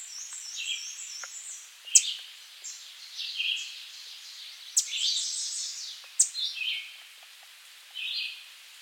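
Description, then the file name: American redstart singing short, high, quick phrases at uneven intervals, with thin, rapid twittering and a few sharp clicks. "Setophaga ruticilla - American Redstart"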